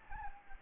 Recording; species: mosquito wingbeat signal from an infrared sensor; Anopheles gambiae